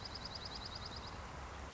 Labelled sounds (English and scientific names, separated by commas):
Dark-eyed Junco (Junco hyemalis)